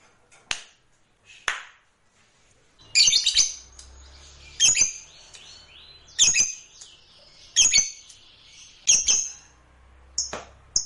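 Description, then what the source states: Lovebird giving sharp, harsh chirps and short scratchy bursts at irregular intervals. Fighter-type lovebird, from a recording presented as its long ngekek trill.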